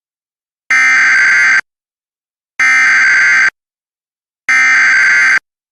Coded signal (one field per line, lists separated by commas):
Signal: Emergency Alert System (SAME) tones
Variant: header bursts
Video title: REUPLOAD (EAS #41) | Flash Flood Warning for Maricopa County, AZ | 05/19/2023